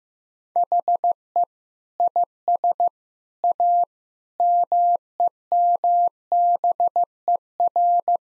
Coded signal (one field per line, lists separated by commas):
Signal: Morse code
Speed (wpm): 15 wpm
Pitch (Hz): 700 Hz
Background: none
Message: HE IS A MEMBER